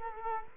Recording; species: mosquito wingbeat signal from an infrared sensor; Culex quinquefasciatus